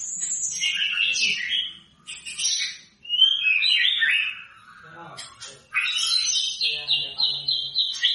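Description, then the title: White-rumped shama song: rich warbling whistles and chatters, broken by short pauses, ending in fast repeated high notes. Lure sound meant to provoke a response from white-rumped shamas; a bird in full, vigorous song (gacor). "PANCINGAN MURAI BATU GACOR"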